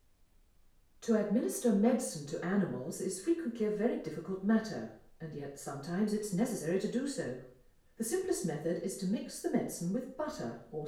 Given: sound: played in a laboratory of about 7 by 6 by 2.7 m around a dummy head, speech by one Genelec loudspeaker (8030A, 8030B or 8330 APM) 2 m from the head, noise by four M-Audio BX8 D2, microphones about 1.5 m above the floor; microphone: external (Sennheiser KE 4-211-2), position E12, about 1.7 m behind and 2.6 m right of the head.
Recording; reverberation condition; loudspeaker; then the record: female speech in English; medium; 60 degrees to the left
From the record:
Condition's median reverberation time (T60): about 510 ms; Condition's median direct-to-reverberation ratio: about -0.5 dB